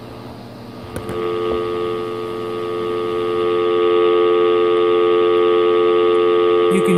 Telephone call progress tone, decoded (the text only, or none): dial tone